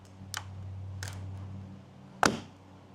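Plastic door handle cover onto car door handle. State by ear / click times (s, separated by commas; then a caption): seated / 2.3 s. A plastic door handle cover is pressed onto a car's exterior door handle. A few faint taps and clicks come over a low steady hum. Then a sharp snap at 2.3 s marks the cover seating in place, and it feels secure.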